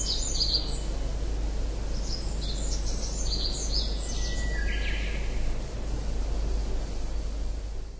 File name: tree pipit